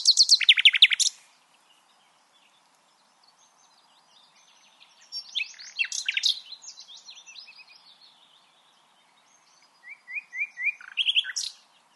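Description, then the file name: Common nightingale song: an opening burst of rapid, harsh trilled notes, a pause, then varied twittering phrases, and another brisk run of repeated notes near the end. "Luscinia megarhynchos"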